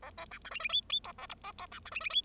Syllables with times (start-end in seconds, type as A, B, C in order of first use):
0.02-0.10 A, 0.17-0.25 B, 0.31-0.38 C, 0.44-0.50 D, 0.51-0.59 E, 0.59-0.69 E, 0.69-0.81 F, 0.89-1.00 F, 1.04-1.12 G, 1.18-1.26 A, 1.29-1.34 H, 1.43-1.52 B, 1.58-1.67 G, 1.72-1.79 C, 1.85-1.90 D, 1.91-2.00 E, 2.00-2.10 E, 2.10-2.22 F